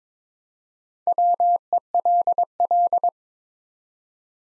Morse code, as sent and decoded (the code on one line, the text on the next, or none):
.-- . .-.. .-..
WELL